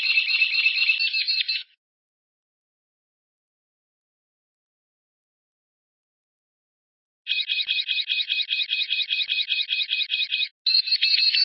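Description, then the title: White-rumped shama song: a burst of rapid, evenly repeated chattering notes, then a long silence, then a longer run of the same quick notes with a brief break. "Kicau Murai Batu"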